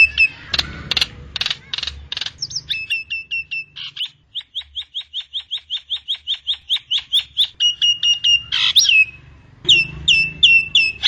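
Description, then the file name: Nias hill myna calling: harsh squawks, then a long fast series of sharp whistled notes repeated several times a second, ending in clear falling whistles. "suara jalak nias"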